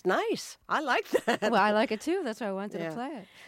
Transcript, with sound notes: That's nice. I like that (laughter).
Well, I like it, too. That's why I wanted to play it.